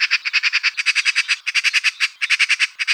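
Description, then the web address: Eurasian magpie chattering, a harsh rattling series of rapid grating notes, broken by a few brief pauses. "Pica pica"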